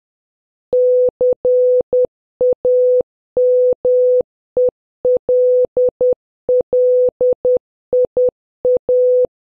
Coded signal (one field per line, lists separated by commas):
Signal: Morse code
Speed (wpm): 10 wpm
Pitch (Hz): 500 Hz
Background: none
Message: CAMELLIA